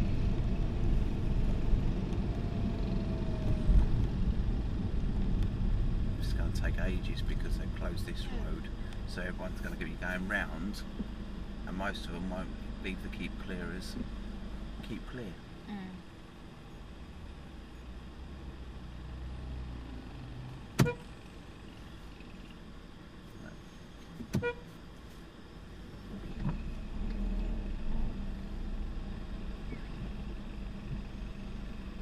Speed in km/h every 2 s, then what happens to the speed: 37, 32, 27, 15, 2, 0, 0, 0, 0, 0, 0, 0, 0, 2, 5, 2.
0-8 brakes to 2. 8-26 standing. 26-32 steady at about 2.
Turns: none.